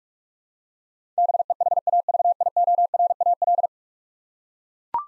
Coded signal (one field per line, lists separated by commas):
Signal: Morse code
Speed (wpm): 44 wpm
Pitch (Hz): 700 Hz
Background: none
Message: BEHAVIORAL